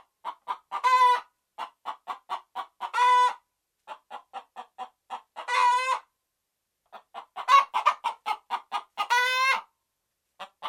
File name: Red Junglefowl